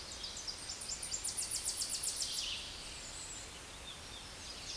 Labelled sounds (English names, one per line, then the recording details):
Tennessee Warbler song
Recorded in a Pennsylvania forest on 16 May 2024 at 07:15
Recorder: AudioMoth, point MSD-1849
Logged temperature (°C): 12.1 °C
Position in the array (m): 18 m, 43 m